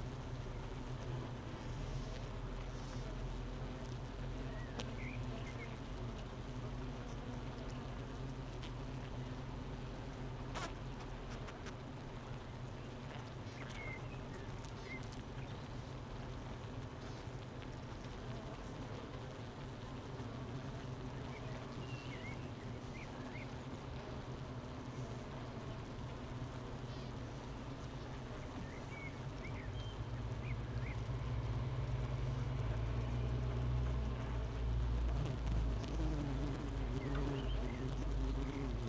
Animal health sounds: honeybee colony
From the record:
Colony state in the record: missing queen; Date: 31 May 2018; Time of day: 8:51

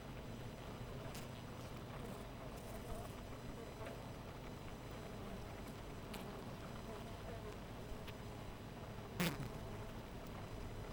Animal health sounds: honeybee colony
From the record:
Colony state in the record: missing queen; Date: 14 July 2017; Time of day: 5:39

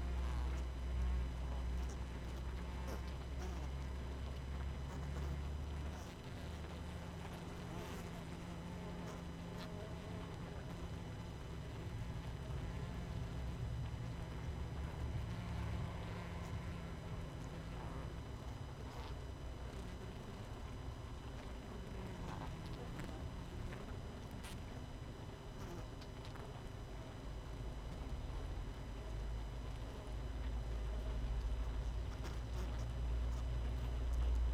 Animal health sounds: honeybee colony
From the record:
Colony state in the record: missing queen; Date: 31 May 2018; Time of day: 18:37

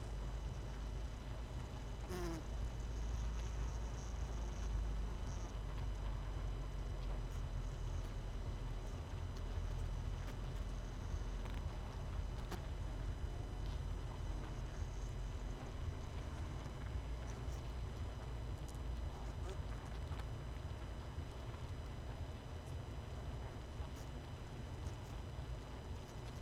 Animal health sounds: honeybee colony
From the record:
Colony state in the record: missing queen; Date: 31 May 2018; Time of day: 20:32

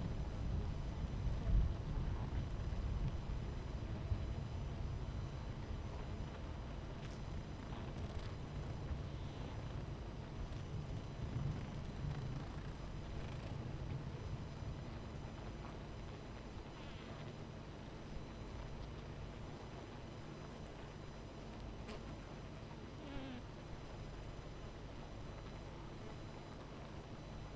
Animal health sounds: honeybee colony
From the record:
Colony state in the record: missing queen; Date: 14 July 2017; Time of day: 11:21

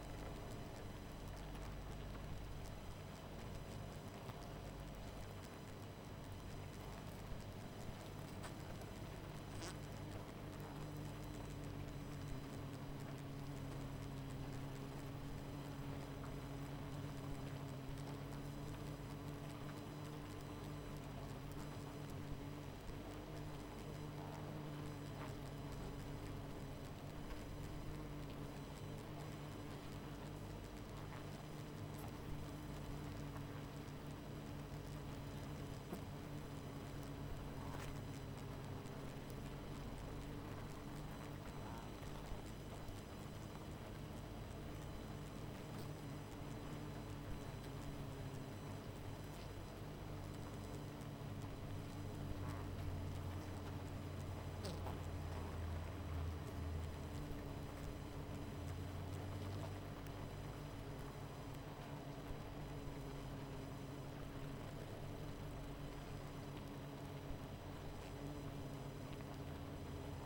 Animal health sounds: honeybee colony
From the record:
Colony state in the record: missing queen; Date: 14 July 2017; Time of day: 21:42

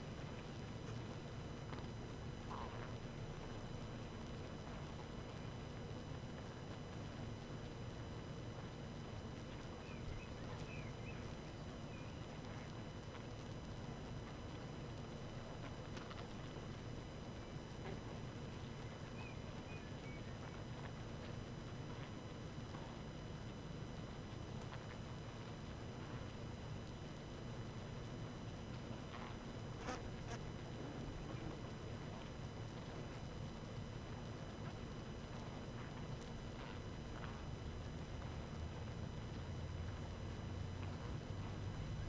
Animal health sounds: honeybee colony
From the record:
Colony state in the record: active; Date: 12 June 2018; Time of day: 19:04

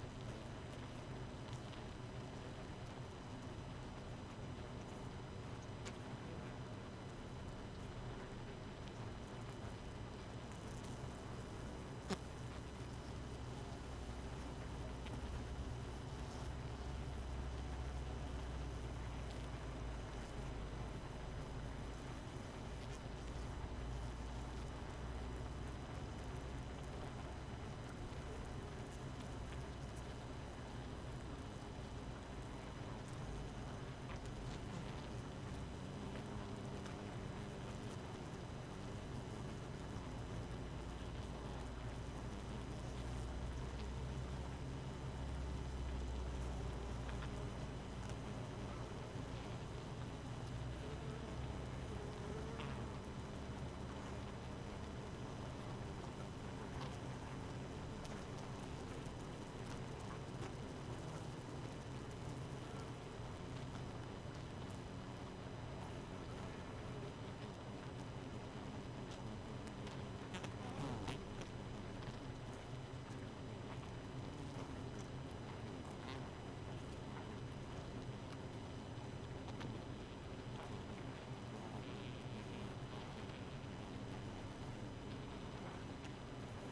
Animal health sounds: honeybee colony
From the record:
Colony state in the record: missing queen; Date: 31 May 2018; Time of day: 0:16

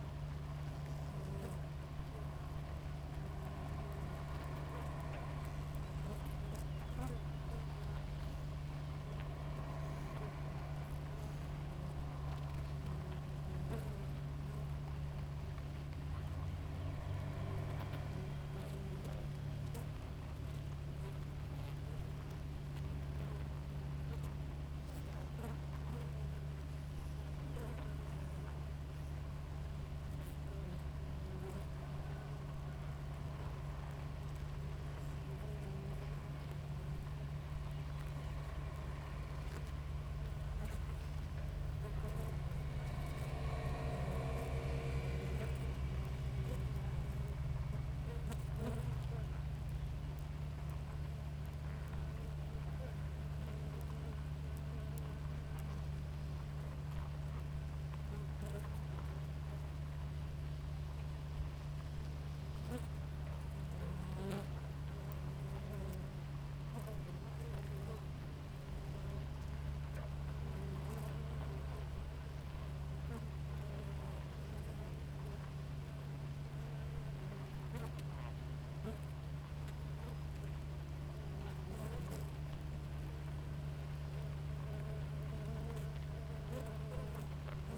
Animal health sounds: honeybee colony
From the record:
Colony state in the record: active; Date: 28 July 2017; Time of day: 5:27

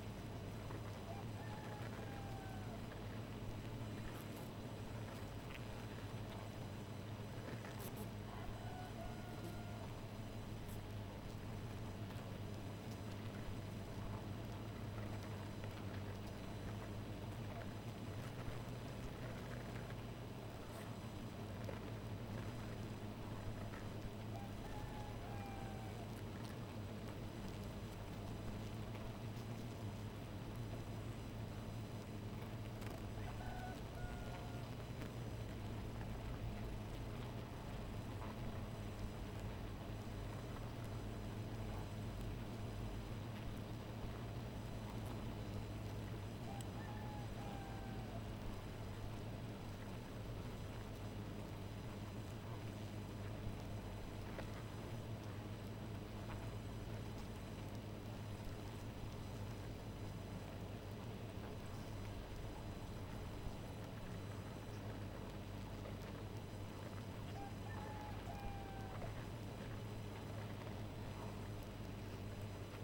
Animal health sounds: honeybee colony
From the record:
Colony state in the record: missing queen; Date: 14 July 2017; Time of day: 2:52

